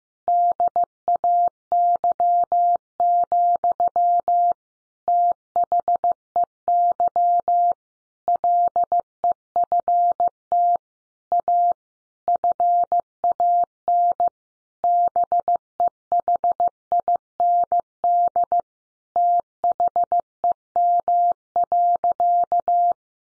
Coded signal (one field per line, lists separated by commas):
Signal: Morse code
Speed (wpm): 14 wpm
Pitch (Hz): 700 Hz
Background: none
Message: DAY, THEY LEFT A FAN BEHIND THEM.